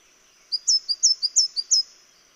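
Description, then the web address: Mistletoebird giving a brisk string of eight very high, thin notes, short chips alternating with slightly longer sharp whistles, over about one and a half seconds, background quiet. "sound Mistletoebird. دانلود-صدای-پرنده-مرغ-دارواش"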